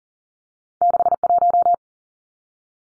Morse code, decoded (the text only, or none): 61